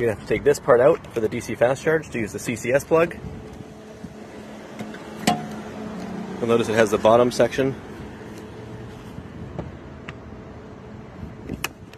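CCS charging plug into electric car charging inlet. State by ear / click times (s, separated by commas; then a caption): seated / 11.6 s. A DC fast-charger CCS plug, including its lower DC section, is pushed into the charging inlet of an electric car after a part is taken out of the inlet. Someone talks over a quiet background with small knocks and handling sounds. The plug latches with a sharp click at 11.6 s, seated.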